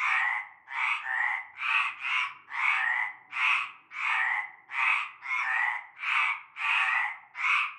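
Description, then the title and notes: A chorus of frogs gives rasping, nasal croaks in quick succession, sometimes doubling up as callers overlap. Frog chorus at nightfall in a large concrete basin holding stagnant greenish water, Avenue Cante Coucou, Groupède, La Ciotat, Bouches-du-Rhône, France. "Avenue Cante Coucou, Groupède, La Ciotat, Marseille, Bouches-du-Rhône, Provence-Alpes-Côte d'Azur, France métropolitaine, 13600, France - cœur de grenouilles. Une grande vasque en béton, un fond d'eau verdâtre croupissant. et un cœur de grenouilles dès la nuit tombée"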